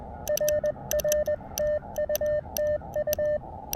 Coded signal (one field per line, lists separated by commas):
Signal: Morse code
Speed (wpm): 20 wpm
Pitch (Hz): 590 Hz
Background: none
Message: RR TU TU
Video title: Back in the Saddle Again! My first POTA activation in weeks!